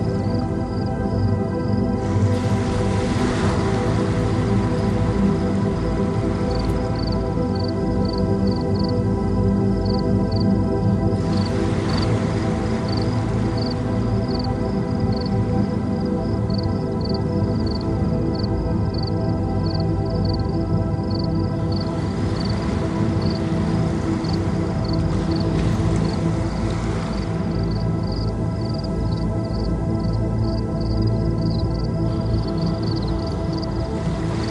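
Night sounds with water: a fast, regular insect chirp pulses high above a dense, steady low rumble. Soft washes of water swell in and fade every several seconds, near the start, around eleven seconds and again in the twenties.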